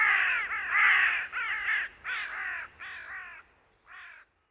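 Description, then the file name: Carrion crow giving a run of harsh, hoarse caws in quick succession, the last one isolated after a short pause. "Corvus corone"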